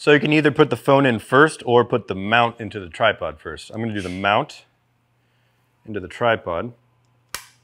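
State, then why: Seated. Someone talks, then after a pause a mobile phone mount is pushed into a Peak Design Travel Tripod's center column. It seats with a single sharp snap at 7.4 s and is secure.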